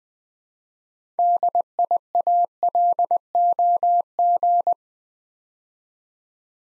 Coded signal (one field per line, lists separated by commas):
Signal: Morse code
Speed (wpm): 20 wpm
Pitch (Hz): 700 Hz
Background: none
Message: DIALOG